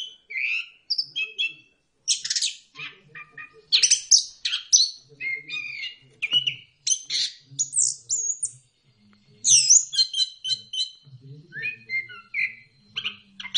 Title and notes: Suara Burung. Suara Kicauan Burung untuk memaster burung kesayangan